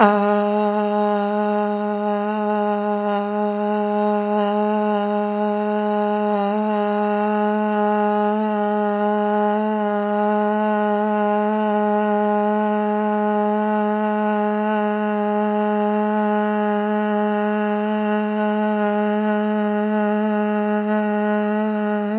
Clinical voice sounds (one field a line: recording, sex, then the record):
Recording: sustained vowel /a/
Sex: female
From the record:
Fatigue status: fatigue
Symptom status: symptomatic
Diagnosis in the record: COVID-19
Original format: 3gp